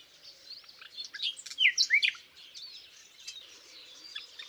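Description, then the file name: Common nightingale: a brief loud burst of sharp whistled notes amid softer busy twittering. "Luscinia megarhynchos"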